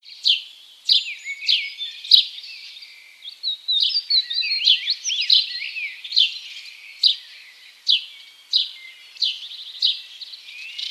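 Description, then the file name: House sparrow chirping: short, bright, chirrupy notes repeated at an uneven pace, roughly every half second to second, with a brief tumble of busier chatter midway. "Passer domesticus"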